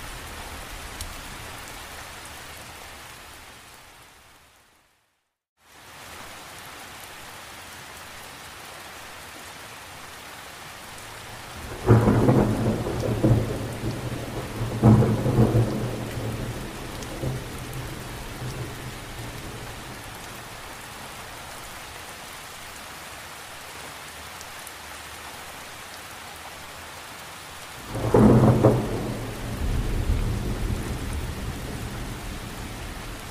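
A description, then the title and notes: Thunder rumbles through steady night rain. Low booming rolls arrive near 12 and 15 seconds, then again around 28 seconds, each swelling and fading slowly. Between them the rain keeps up a dense, even hiss, broken by a brief total silence around 5 seconds. Costa Rica. Thunder & Lightning at Night is Magical!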